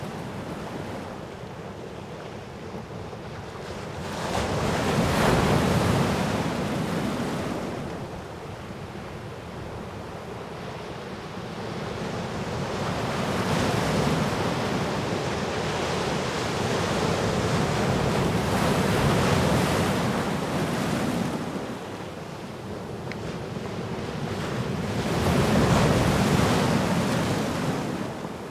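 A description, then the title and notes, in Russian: Sea waves roll in and wash out in slow, regular surges, swelling loudest around 5, 13–20 and 26 seconds. Each surge is a full, hissing rush with a low rumble beneath, and between them a steady wash of surf continues, with some wind buffeting the microphone. Шум и звуки моря.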